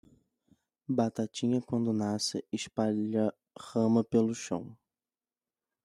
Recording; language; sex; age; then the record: short text; Brazilian Portuguese; male; 20 to 29 years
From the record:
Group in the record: control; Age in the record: 26 years